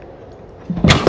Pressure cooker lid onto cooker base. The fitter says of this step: இப்படி வச்சுட்டு உள்ளுக்குள்ளே அப்படி ப்ரெஸ் பண்ணேன்னா கிளிக்னு ஒரு சவுண்ட்